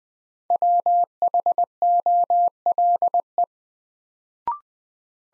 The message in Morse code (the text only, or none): WHOLE